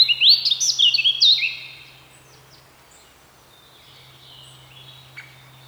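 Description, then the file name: Eurasian blackcap giving a short, loud burst of warbled whistled notes in the first second and a half, then near quiet with a faint low hum. "Sylvia atricapilla"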